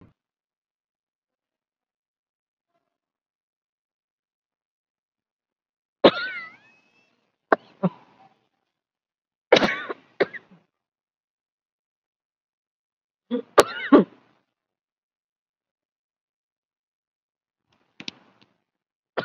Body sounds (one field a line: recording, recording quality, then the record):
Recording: shallow breathing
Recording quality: poor, much background noise or distortion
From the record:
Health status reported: COVID-19 positive, moderate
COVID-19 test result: positive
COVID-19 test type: RT-PCR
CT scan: taken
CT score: 11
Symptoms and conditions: cough, fever, fatigue, muscle pain, loss of smell and taste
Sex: female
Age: 57 years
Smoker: no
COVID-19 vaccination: one dose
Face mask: worn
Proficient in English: no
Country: India